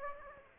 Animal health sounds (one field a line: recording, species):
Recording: mosquito wingbeat signal from an infrared sensor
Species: Aedes aegypti